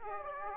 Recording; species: mosquito wingbeat signal from an infrared sensor; Aedes aegypti